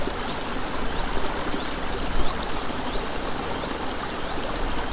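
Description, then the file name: Cricket's high pulsed trill continues steadily above loud, churning stream water with a low rumble. Crickets with a stream, recorded 7 May 2014 on an MZ-N710 recorder. "MZ-N 710 Ruisseau et grillons 7 05 14"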